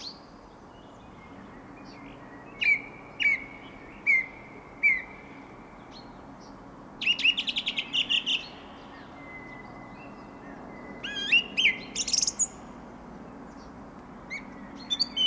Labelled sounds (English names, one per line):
Song Thrush song